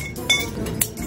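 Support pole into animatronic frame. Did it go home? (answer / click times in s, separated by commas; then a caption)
yes / 0.3 s, 0.8 s. A C-labelled support pole is snapped into an animatronic frame, giving a sharp snap at 0.3 seconds and a second, brighter click at 0.8 seconds. The pole seats firmly in place with a satisfying snap.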